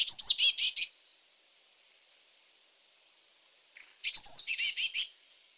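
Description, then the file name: Eurasian blue tit giving two rapid buzzy churring rattles, each about a second long, separated by a three-second gap. "Cyanistes caeruleus"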